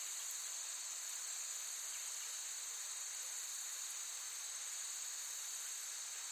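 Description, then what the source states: Insects trilling in an unbroken high, hissing chorus with layered buzzing bands, holding a constant intensity from start to finish. Forest ambience with active insects, looped.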